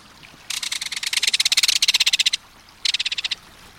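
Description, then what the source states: Belted Kingfisher calling in rapid-fire harsh rattles, a long burst of quick clicking notes followed after a short gap by a shorter burst. Rapid-fire warning call to intruders, given while dashing through the air; described as a reverberating metallic call heard along streams and waterways.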